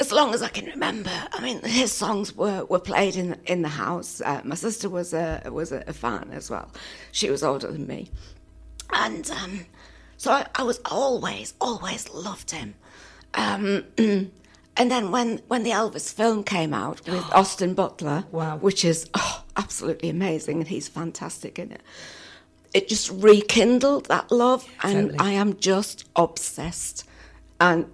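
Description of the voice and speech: An adult woman talks conversationally in a quieter, raspy, hoarse and gravelly voice, with frequent hesitations, fillers and short pauses breaking up her sentences. She has had dysphonia for about five years; it came on gradually, her voice breaks mid-conversation, is unreliable and sometimes gives up completely. She holds her breath to force sentences out. Botox brought temporary improvement. She had a partial thyroidectomy in 1992.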